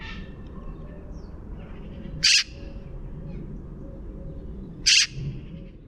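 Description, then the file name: Eurasian magpie giving two short harsh rasping calls, about two and a half seconds apart, over a low steady background hum. "Pica pica"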